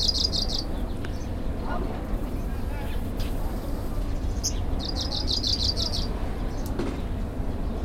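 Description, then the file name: Pale-legged leaf warbler giving two short, high, metallic trills of evenly repeated notes, several seconds apart, over a steady low rumble. "warbler-pale-legged-leaf 001-Phylloscopus-tenellipes"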